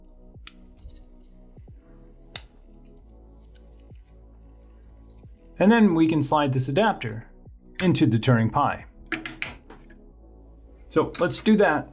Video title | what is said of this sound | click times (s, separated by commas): Meet the Turing Pi 2 - Mix Pis and NVIDIA Jetsons on a Mini ITX Board! | And so this Pi should snap right into this adapter. | 0.5 s, 2.4 s